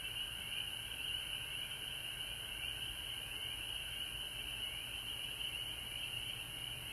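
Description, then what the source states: Frogs calling in a dense chorus, a steady high-pitched trilling drone that runs unbroken, with a fainter lower band of calls beneath it. Frogs calling at home in Georgia, recorded March 19, 2020.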